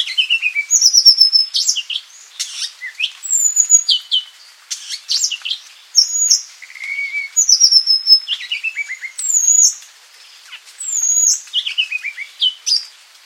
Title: suara burung kacer madagaskar